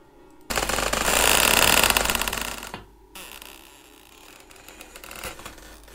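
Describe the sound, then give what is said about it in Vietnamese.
A loud, rapid burst of harsh knocking and creaking wood as a husband and wife pry open a coffin lid, lasting about two seconds, then quieter scraping and rattling after a brief pause. “Những tiếng cồng cộc kèn kẹt vang lên, nghe đến rợn cả người.”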